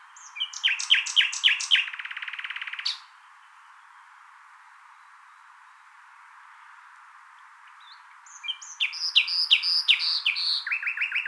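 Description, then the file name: Common nightingale giving quick repeated notes ending in a dry rattle, a quiet gap, then a lively run of varied chirps and descending repeated notes. "Luscinia megarhynchos"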